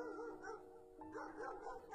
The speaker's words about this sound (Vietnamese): Bất chợt từ đâu đó vọng đến bên tai của ông những tiếng chó sủa âm vang. Nhận ra đây là mấy con chó trong nhà hàng xóm, mông liền nhíu mày: làm cái gì mà sủa nhặng lên như vậy, ồn ào quá.